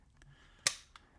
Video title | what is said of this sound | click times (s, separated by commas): Klein 11-1 METRIC Pass Through Nut Driver - They Tried A Little Too Hard To Make it Better 32809MAGM | I take this, let's say again, this is a bolt, slide that in, you can probably hear it maybe click, | 0.7 s